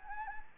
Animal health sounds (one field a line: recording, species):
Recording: mosquito wingbeat signal from an infrared sensor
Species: Anopheles gambiae